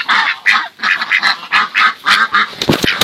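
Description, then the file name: Pekin duck giving rapid, rough quacks, several calls per second. "canto do pato de pequim"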